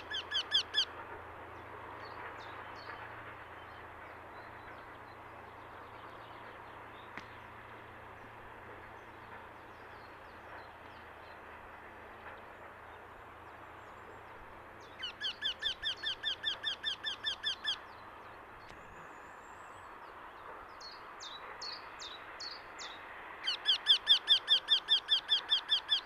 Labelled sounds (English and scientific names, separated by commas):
Eurasian Wryneck (Jynx torquilla) song